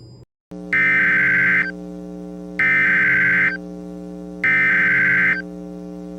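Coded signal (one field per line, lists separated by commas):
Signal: Emergency Alert System (SAME) tones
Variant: header bursts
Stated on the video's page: Fictional EAS scenario, not a real alert.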